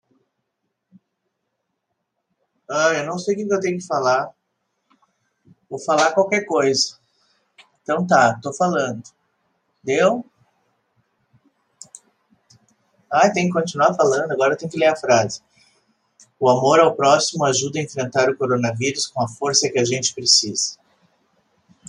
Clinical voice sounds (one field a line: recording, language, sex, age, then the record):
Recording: spoken sentence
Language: Brazilian Portuguese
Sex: female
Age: 50 to 59 years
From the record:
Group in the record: control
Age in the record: 57 years